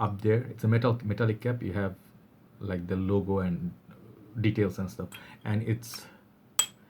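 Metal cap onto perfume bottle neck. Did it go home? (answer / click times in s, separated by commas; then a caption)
yes / 6.6 s. A heavy metal perfume cap with a suede-like top is pushed onto the perfume bottle's neck while someone talks. It clicks into place at 6.6 s, and the click means it is secure enough to lift the bottle by the cap.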